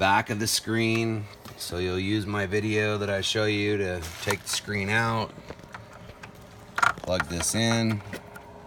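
A wiring harness connector is being plugged into the back of an aftermarket screen in the dash of a 2010–2015 Chevy Camaro while someone talks. Short handling sounds are heard, and nothing has seated or clicked yet.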